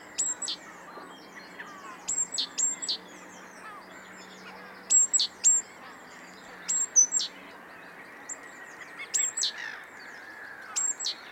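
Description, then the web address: Great tit calls: high, thin, clipped notes in short clusters of two or three, repeated throughout. "SETE data Parus major"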